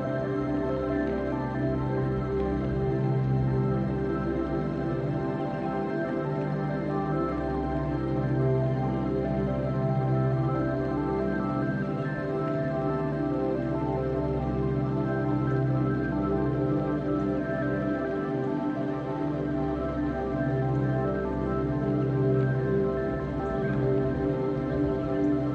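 Gentle pads hold long, layered tones that shift slowly, with a warm low drone and softer bright notes above. The level stays smooth and even for the whole stretch, with no sharp attacks or beats.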